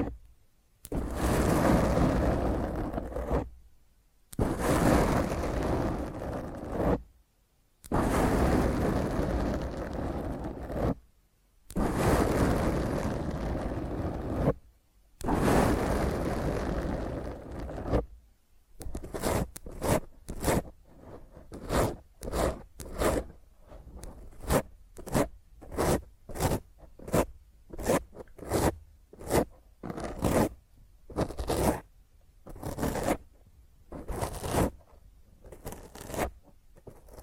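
Fingernails scratch roughly across a microphone, long harsh strokes with short gaps, then from about eighteen seconds quick, choppy bursts in rapid succession.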